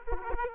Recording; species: mosquito wingbeat signal from an infrared sensor; Aedes aegypti